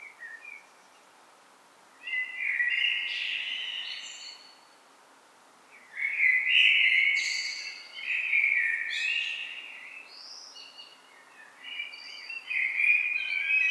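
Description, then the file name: Common blackbird song: three rich warbled phrases spaced a few seconds apart, with high squeaky twittering. "Turdus merula"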